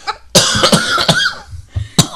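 About four harsh, dry adult coughs in quick succession, heard in a small room; the coughing is painful.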